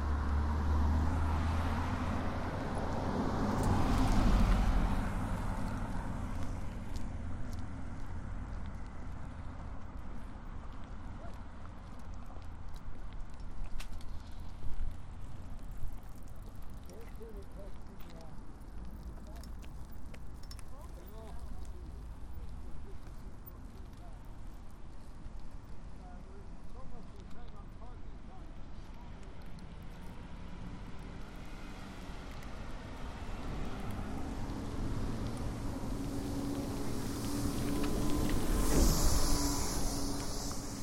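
A walk through Marpole, with a steady low rumble of traffic throughout and scattered clicks and small sounds over it. Vehicles swell louder near the start and again around the last few seconds, and faint voices come and go.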